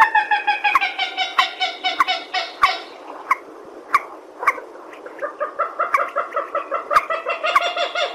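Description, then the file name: Purple swamphen calling in fast, nasal cackling series that fade into scattered sharp notes, then build again into a dense run of honks. "tieng trich re keu"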